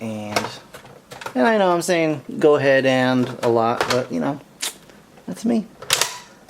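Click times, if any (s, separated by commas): 5.9 s, 6.0 s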